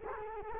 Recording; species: mosquito wingbeat signal from an infrared sensor; Culex quinquefasciatus